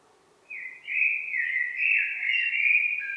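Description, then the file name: Eurasian blackbird singing a sustained, rich, flute-like warble that rises and dips continuously, still going when the sound cuts off. "Turdus merula"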